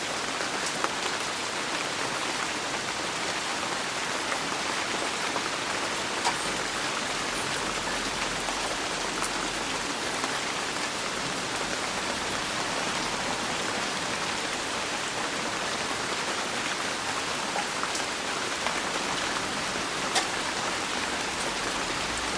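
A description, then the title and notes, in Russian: Steady, dense rain drums on a roof, a constant bright patter with occasional sharper drop hits scattered throughout and no pauses. Дождь на крыше | Дневной ливень.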